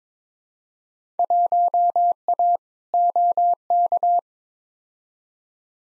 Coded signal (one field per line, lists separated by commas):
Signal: Morse code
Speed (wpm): 22 wpm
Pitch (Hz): 700 Hz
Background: none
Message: 1A OK